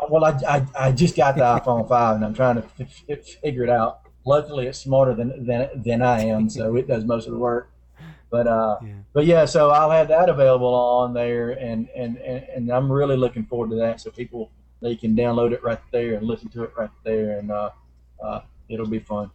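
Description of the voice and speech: An adult man who stutters speaks with repeated syllables, drawn-out sounds and pauses, typical of stuttering.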